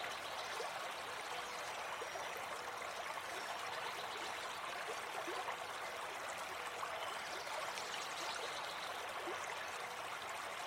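A river rushes in a steady, dense hiss of flowing water that stays even throughout, with only faint flickers of higher sound above it.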